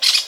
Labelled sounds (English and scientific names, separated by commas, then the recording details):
Brown-throated Parakeet (Eupsittula pertinax) contact call
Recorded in Venezuela
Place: Guárico; Corozopando; Fundo La Fe
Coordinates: 8.506, -67.593